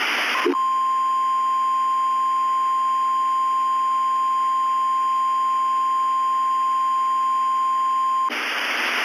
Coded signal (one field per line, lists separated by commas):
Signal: Emergency Alert System (SAME) tones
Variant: 1050 Hz attention tone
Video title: EAS Scenario 1 [REMASTER]: The Colorado Monster